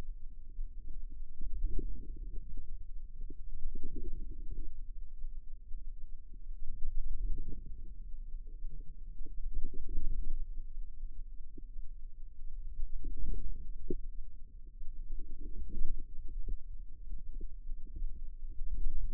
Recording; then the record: forearm muscle sounds (acoustic myography)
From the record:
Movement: ulnar deviation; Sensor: system 2, bracelet of six BSWA MPA416 microphones around the upper forearm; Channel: 1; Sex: female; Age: 25 years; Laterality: right